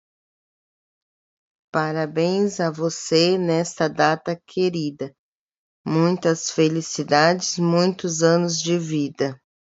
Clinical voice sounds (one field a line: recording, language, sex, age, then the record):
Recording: short text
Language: Brazilian Portuguese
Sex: female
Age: 40 to 49 years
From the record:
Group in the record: control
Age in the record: 49 years